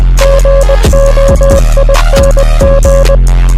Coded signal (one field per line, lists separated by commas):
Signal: Morse code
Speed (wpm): 20 wpm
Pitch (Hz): 550 Hz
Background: music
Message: GOING